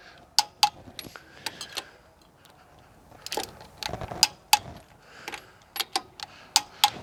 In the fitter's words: you're checking the other ones always go opposite just like you're tightening a spare tire click all